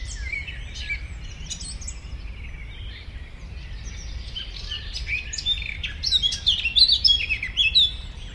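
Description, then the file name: Eurasian blackcap: bright, scratchy warbled notes and short clicks, growing louder toward the end over a steady low rumble. "Sylvia atricapilla"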